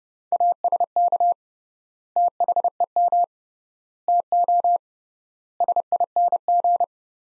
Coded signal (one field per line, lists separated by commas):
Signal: Morse code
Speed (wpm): 32 wpm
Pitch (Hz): 700 Hz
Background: none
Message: ASK THEM TO SING